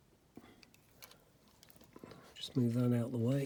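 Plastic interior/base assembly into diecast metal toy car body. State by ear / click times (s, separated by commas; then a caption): not seated / none. Parts of a diecast Matchbox No. 164 Superkings Range Rover model are lined up for restoration, with the plastic interior and base assembly positioned to push into the diecast metal body. Light handling taps and small ticks come between about 0.6 and 2.1 seconds, then someone talks at the end. Nothing has clicked or seated yet.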